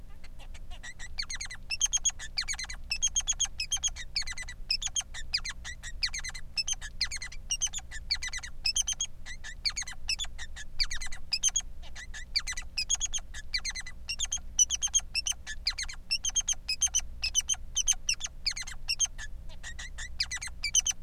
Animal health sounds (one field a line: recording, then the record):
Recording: song of a male Bengalese finch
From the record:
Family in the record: son of father 3